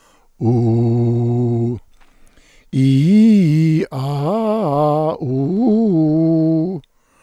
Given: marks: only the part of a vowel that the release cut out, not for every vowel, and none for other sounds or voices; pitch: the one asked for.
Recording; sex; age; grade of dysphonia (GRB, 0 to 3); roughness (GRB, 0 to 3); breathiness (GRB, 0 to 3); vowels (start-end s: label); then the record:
sustained vowels; male; 60 to 69 years; 2; 2; 0
0.49-1.66 s: vowel /u/, low pitch
2.80-3.75 s: vowel /i/, low-high-low pitch
4.00-5.07 s: vowel /a/, low-high-low pitch
5.31-6.64 s: vowel /u/, low-high-low pitch
From the record:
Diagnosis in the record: contact pachydermia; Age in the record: 69 years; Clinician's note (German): Rezidiv